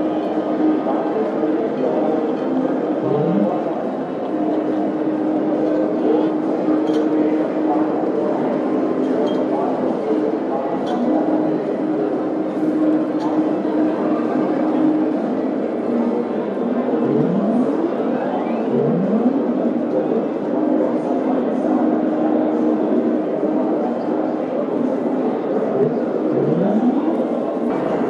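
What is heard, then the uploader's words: Casino soundscape: a dense, steady din of mixed chatter with a held low tone and occasional rising sweeps around 3, 17, 19 and 26 seconds. The symphony of sounds that permeate the casino landscape.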